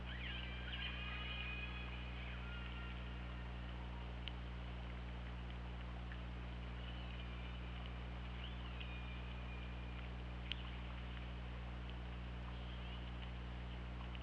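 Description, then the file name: Killer whale calls, a burst of wavering tonal squeals in the first two seconds and a rising-then-level call later, with sharp clicks over a constant hum. OrcaLab, 24 August 2017, 21:06. "Orca Lab 20170824 210617"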